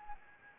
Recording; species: mosquito wingbeat signal from an infrared sensor; Anopheles gambiae